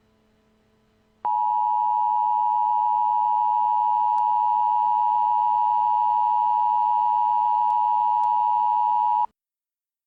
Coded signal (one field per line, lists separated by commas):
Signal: Emergency Alert System (SAME) tones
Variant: 853 and 960 Hz attention tone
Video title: EAS Scenario: Y2K Chaos